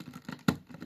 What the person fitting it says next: There we go. You can hear it pop in.